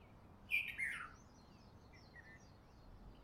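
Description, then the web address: Bird chirps: one strong falling chirp followed by softer high notes and a faint twitter, a sharp knock at the end. Recorded in Honolulu in the morning. "lynne-publishing Honolulu Morning Bird"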